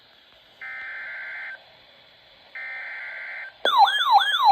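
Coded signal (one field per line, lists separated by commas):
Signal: Emergency Alert System (SAME) tones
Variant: header bursts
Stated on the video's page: Real EAS alerts compiled from a single day.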